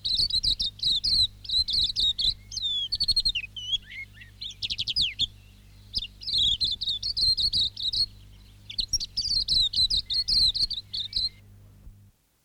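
Silvereye delivering rapid high twittering phrases with slurred whistles in several bursts over about eleven seconds, then silence; low hum beneath.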